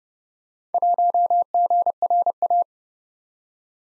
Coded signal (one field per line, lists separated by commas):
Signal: Morse code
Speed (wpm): 30 wpm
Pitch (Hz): 700 Hz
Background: none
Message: 1GRA